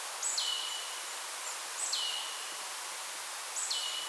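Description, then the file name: Marsh tit giving three two-part calls, a high clipped note falling into a level lower whistle, spaced roughly every one and a half seconds amid hiss. "Poecile palustris"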